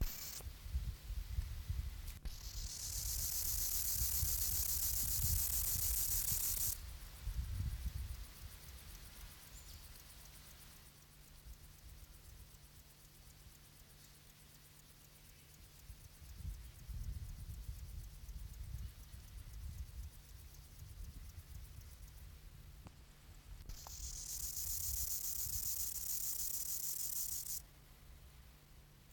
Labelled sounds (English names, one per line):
Rufous Grasshopper stridulation